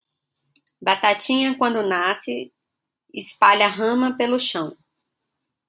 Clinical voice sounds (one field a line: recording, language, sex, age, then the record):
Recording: short text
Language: Brazilian Portuguese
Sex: female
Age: 40 to 49 years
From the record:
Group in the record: control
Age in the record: 44 years